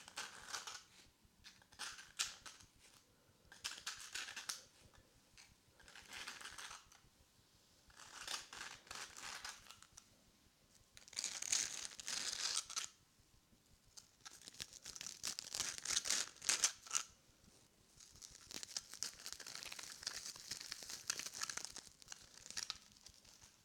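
Ear rubbing and brushing sounds come in bursts of dry, crackly friction, bright and hissy, each lasting one to three seconds with short quiet gaps between. The rustling swells and fades unevenly, with denser, louder stretches around the middle and later on.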